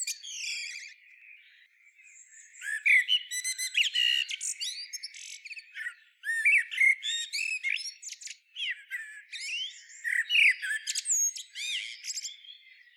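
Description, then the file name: Common blackbird producing an almost continuous stream of high squeaky, scratchy twittering notes with only short breaks. "Turdus merula"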